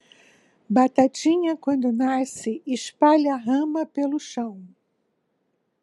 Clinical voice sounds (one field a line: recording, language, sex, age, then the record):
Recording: short text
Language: Brazilian Portuguese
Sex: female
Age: 70 to 79 years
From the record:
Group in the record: control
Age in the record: 73 years